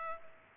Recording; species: mosquito wingbeat signal from an infrared sensor; Culex pipiens